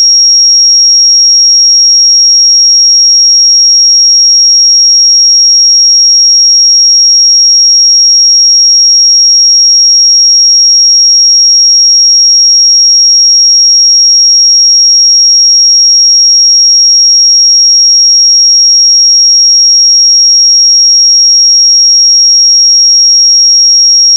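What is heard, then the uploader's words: A pure sine tone at 5595 Hz holds perfectly steady for the whole clip, with no change in pitch or loudness. The single high, thin whistle-like note sits alone over complete silence, with no other sounds behind it. 5595 Hz 1 Hz Interval Sine Pure Tone Frequency 441000 Sample Mono.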